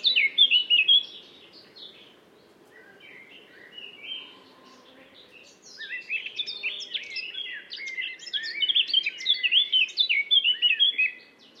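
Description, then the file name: Eurasian blackcap warbling in bursts of fast, jumbled, scratchy and sweet notes, with a quiet pause in the middle and a faint steady background noise. "Sylvia atricapilla"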